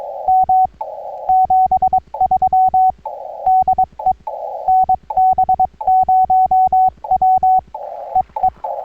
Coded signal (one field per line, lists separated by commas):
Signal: Morse code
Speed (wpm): 20 wpm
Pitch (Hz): 750 Hz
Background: none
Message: M 73 DE NB0W EE